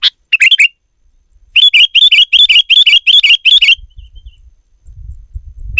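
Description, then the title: Sooty-headed bulbul song: a quick triple phrase, then a steady string of many bright, bubbly notes in even rhythm; faint low rumble afterwards. "kutilang"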